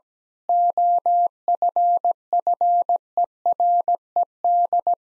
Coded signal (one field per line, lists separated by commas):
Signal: Morse code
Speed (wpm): 17 wpm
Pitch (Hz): 700 Hz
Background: none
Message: OFFERED